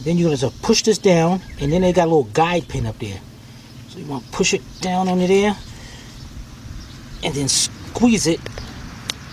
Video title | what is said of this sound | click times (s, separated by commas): ⭐ 2002 Mercury Sable - Fuel Pump - Fuel Filter | feel you'll hear it actually go down and lock | 9.1 s